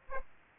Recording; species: mosquito wingbeat signal from an infrared sensor; Aedes aegypti